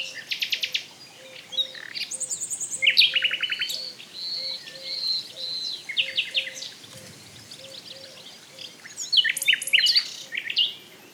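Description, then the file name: Common nightingale song: varied phrases of rapid repeated notes, buzzy trills and sharp whistles, in bursts, over a steadily repeated low note. "Luscinia megarhynchos"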